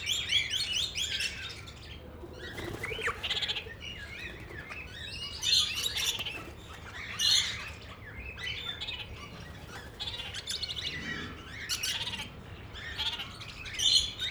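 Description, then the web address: Parrots calling in a group: busy chirping and squeaky notes with several louder bursts. Parrots at Nyíregyháza Zoo, recorded in 2010, on top of the green pyramid. "allathangok nyiregyhazizoo 2010 standardt madarak papagajokazoldpiramistetejen"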